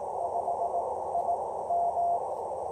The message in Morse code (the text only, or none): 5 I M